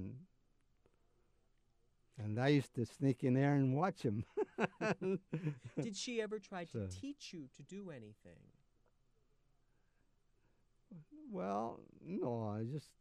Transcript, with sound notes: And – and I used to sneak in there and watch them! [Laughs]
Did she ever try to teach you to do anything?
Well, no.